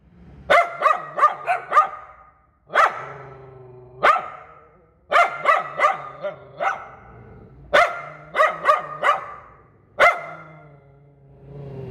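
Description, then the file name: Poodle barking in quick bursts of three to five sharp yaps, separated by single barks and short pauses, with no other sounds. "Tieng cho poodle sua keu"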